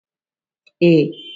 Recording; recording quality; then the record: sustained vowel as in made; excellent, no background noise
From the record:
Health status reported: healthy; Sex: female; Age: 42 years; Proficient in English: no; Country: India